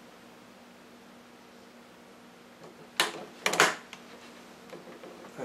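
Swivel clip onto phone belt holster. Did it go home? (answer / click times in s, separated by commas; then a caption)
partly / 3.0 s, 3.5 s. A broken-off swivel clip is pressed back onto a cell phone belt holster on a table, using a pressing tool and full body weight. After a quiet stretch, two sharp clicks sound at 3.0 s and 3.5 s, followed by a burst of creaks and smaller knocks. The clip goes on firmly but is still not fully seated.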